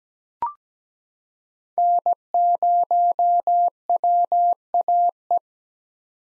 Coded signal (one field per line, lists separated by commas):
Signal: Morse code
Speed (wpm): 17 wpm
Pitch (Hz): 700 Hz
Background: none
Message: N0WAE